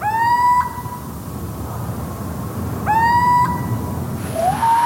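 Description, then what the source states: Little owl territorial song: a rising, whistled, mewing hoot, given twice about three seconds apart, with a third call beginning at the end. Territorial song, a short song often repeated many times in a row; one of eight most common little owl sounds chosen as examples.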